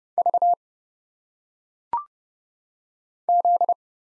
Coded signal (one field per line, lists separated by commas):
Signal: Morse code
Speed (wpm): 30 wpm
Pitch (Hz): 700 Hz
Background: none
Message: V Z